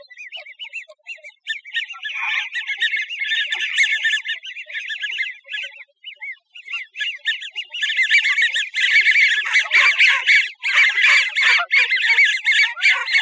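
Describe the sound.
American wigeon flock giving dense overlapping whistled calls, growing louder in the second half.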